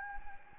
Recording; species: mosquito wingbeat signal from an infrared sensor; Anopheles gambiae